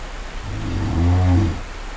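Brown bear, one deep harmonic groan that rises in strength and then trails off, with faint background hiss.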